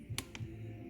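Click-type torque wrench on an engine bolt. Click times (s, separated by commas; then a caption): 0.2 s. A click-type torque wrench tightens a bolt on a diesel engine until it breaks over at its set value. A sharp click at 0.2 s shows the bolt is torqued, followed by a softer tick at 0.4 s over a low steady hum.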